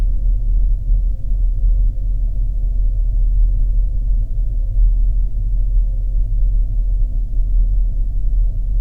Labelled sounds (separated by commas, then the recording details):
flare stack
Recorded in the Arctic National Wildlife Refuge, Alaska, on 3 September 2019 at 09:52
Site 48